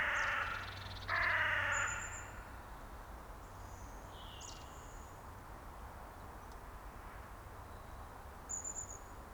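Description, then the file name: Carrion crow with two rasping caws at the start, the second louder, followed by faint high chips over a low background hum. "Corvus corone"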